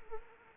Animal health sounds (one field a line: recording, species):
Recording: mosquito wingbeat signal from an infrared sensor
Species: Anopheles arabiensis